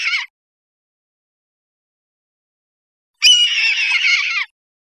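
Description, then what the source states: Red-tailed hawk screaming: the tail of one hoarse cry at the start, then a full rasping, slightly descending scream lasting just over a second after a long silence. Recorded 1 December 2008.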